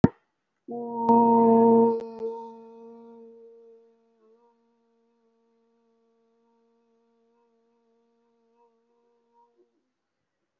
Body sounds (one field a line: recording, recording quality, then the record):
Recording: sustained vowel as in boot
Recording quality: excellent, no background noise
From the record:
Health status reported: respiratory illness, not identified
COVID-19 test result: not tested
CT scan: not taken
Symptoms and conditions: cough, cold, breathing difficulty, asthma, chronic lung disease, hypertension, diabetes, ischaemic heart disease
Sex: male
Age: 54 years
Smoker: yes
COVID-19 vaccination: one dose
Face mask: worn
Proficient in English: no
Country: India